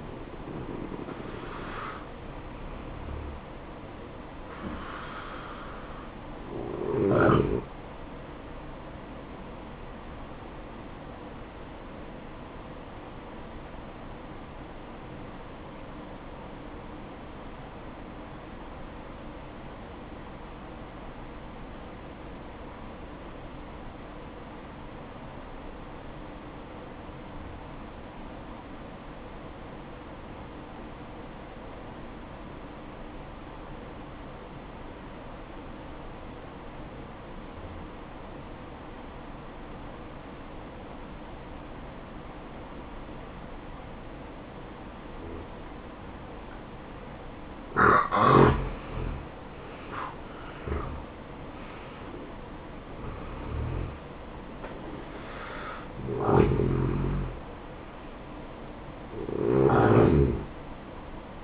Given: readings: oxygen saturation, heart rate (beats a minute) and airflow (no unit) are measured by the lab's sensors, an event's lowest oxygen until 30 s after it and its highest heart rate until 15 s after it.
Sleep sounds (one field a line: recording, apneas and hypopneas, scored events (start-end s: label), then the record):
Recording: breathing in sleep by a voice recorder at the bedside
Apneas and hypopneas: 1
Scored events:
9.00-61.44 s: new sleep stage, N1 (lightest sleep)
12.00-50.80 s: obstructive apnea (N1, oxygen 95% highest, then 82% lowest, heart rate 64 at the start, 77 highest)
From the record:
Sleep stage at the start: N2 (light sleep)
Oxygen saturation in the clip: 83 to 95%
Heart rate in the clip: 54 to 77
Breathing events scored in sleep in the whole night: 573 in 9.8 hours asleep